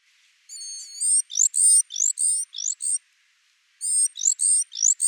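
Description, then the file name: Great tit gives a quick series of high, clipped notes with sweeping whistles, several in a row, then a brief gap before another burst. "Parus major"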